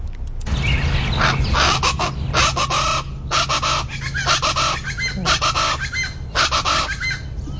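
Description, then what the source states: Plain Chachalaca chorus, harsh rhythmic cackling phrases from two or more birds in loud pulsing bursts, with a low steady hum underneath. Two birds calling, perhaps a third joining in; very noisy; call rendered as chachalaca.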